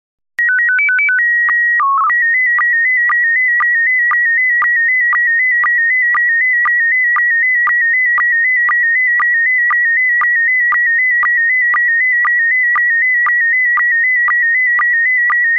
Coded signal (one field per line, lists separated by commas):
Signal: SSTV (slow-scan television)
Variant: PD 120